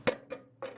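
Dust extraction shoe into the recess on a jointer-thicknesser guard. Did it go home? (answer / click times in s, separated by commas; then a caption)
yes / 0.1 s. A dust extraction accessory shoe is pushed into a recess on the guard of a Scheppach HMC 2600 jointer-thicknesser until it snaps into place. A sharp click sounds at 0.1 s, followed by a softer knock at 0.3 s and another knock at 0.6 s. The shoe is seated, ready to be fixed with a screw.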